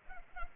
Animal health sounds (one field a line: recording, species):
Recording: mosquito wingbeat signal from an infrared sensor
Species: Culex pipiens